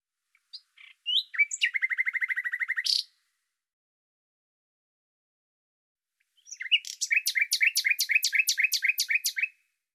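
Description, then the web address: Bird giving two long trills, each a rapid, even run of crisp repeated notes lasting about two to three seconds, with silence between them. "Deverinetal 2025"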